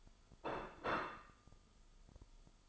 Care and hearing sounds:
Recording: daily activity, microphone in the room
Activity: place plate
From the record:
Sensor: 5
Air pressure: 995.4 hPa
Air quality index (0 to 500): 88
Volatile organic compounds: 4 ppm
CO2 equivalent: 1643 ppm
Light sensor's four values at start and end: 23/58/22/21 and 23/58/22/21

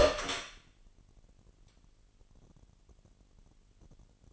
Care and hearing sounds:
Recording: daily activity, microphone in the room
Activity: open door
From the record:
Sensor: 4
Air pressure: 999.2 hPa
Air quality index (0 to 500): 118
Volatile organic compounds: 2 ppm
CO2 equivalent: 1167 ppm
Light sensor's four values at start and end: 12/29/12/13 and 12/31/12/13

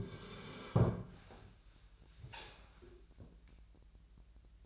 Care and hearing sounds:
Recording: daily activity, microphone in the room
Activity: sit down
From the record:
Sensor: 2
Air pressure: 1001.8 hPa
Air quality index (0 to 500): 240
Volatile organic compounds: 74 ppm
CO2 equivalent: 3556 ppm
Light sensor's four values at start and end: 7/18/7/8 and 9/21/9/9

